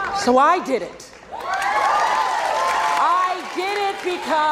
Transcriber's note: applause